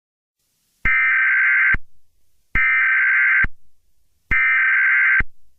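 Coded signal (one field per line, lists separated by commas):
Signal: Emergency Alert System (SAME) tones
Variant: header bursts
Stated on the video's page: Fictional analog-horror EAS scenario.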